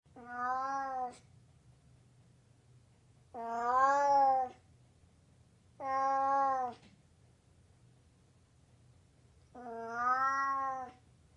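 Burmese cat meowing four times, each a drawn-out harmonic call about a second long, separated by pauses of a couple of seconds.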